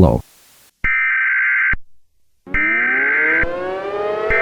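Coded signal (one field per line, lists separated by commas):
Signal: Emergency Alert System (SAME) tones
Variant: header bursts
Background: speech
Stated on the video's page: Fictional mini EAS scenario alert, not a real broadcast.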